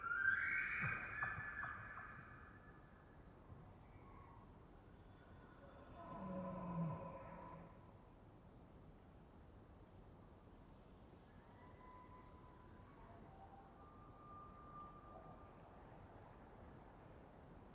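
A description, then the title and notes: An elk bull bugles loudly at the opening, a high whistling scream that fades within two seconds, followed by a deeper roaring call near the six-second mark. Fainter whistles drift in later over a steady low outdoor rumble. It was rutting season in the Colockum Wildlife area. These are raw tracks, down-mixed to stereo (from double-m/s). Elk, mostly bulls bugling, screaming, roaring, whistling, and chirping.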